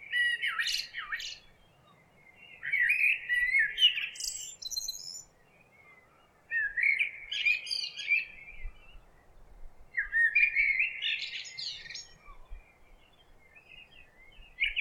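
Bird song in bursts of varied chirps, trills and squeaky phrases, each lasting about two seconds, with short pauses between.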